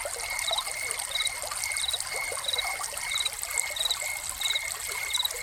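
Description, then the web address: Cricket chirps, high and short, recur regularly while fountain water pours and trickles continuously underneath. Crickets recorded together with a fountain. "Soundscapes Crickets and Fountain"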